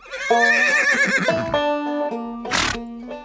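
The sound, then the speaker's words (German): A horse neighs in a long, loud, quavering whinny that wavers and slides downward in pitch, then gives a short, breathy snort before settling into a lower tone. “Bist du ein Pferd oder ein Esel?”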